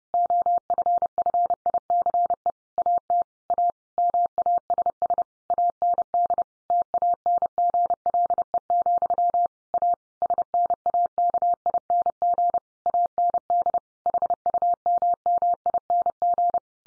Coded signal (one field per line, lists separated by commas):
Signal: Morse code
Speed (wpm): 30 wpm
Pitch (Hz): 700 Hz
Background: none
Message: OFFICE AT A MASS AND TANGLE, A SNAKING AND HUMMING